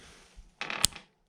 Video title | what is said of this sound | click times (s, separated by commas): TECH TUESDAYS Carbon Gates Belt Drive - Rear Wheel Removal. Nicolai Saturn 16 MGU | here and click | 0.8 s